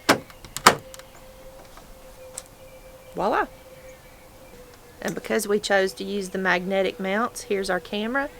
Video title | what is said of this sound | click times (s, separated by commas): Arlo Pro 3 Unboxing & Install - Season 2 Episode 34 | this mount just snaps right in | 0.1 s, 0.7 s